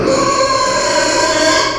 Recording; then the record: squeal of a Yucatan mini pig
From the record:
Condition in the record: before surgery on the right vocal fold (resection and tissue-engineered implant); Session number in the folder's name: 1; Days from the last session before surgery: -3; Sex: male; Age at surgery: 12 weeks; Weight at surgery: 13 kg